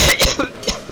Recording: coughing mixed with background sound